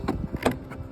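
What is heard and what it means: A plastic rain-gutter trough is tilted so its back clip pieces line up in the wall-mounted hanger brackets, then twisted down, with a few short knocks and scrapes of the plastic. A sharp snap comes at 0.5 s as the hanger clip catches, but it is not fully home and will be redone with two hands.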